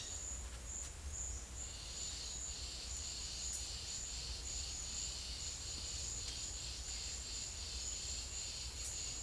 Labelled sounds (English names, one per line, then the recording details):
none
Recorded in secondary vegetation near Puerto Asís, Putumayo, Colombia, on 22 December 2024 at 11:00
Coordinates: 0.488, -76.319
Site GP04